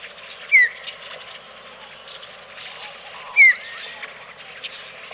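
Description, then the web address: White-tailed kite with two sharp descending whistles nearly three seconds apart, set against constant hiss and soft, scattered background calls. "Peterson North American Birds"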